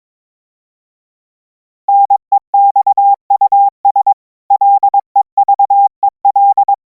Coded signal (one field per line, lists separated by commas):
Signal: Morse code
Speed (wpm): 22 wpm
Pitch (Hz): 800 Hz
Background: none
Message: NEXUS LEVEL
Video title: EAS Mock: The Broadcaster (Origin)